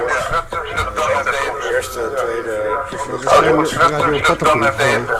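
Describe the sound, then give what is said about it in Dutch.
A talking voice smeared by a heavy echo effect, each phrase trailing into repeating reflections so the words blur into a continuous, ringing wash of sound. “Ik ga de echo nu wel uitzetten, denk ik. Of nog niet.”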